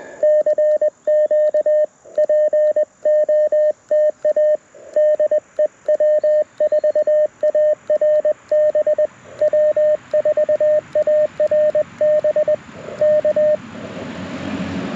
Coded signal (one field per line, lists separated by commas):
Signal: Morse code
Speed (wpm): 20 wpm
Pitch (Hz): 610 Hz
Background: radio noise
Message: CQ POTA DEW4ARB W4ARB K